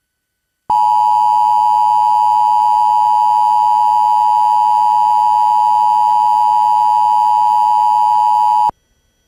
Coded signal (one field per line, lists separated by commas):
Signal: Emergency Alert System (SAME) tones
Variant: 853 and 960 Hz attention tone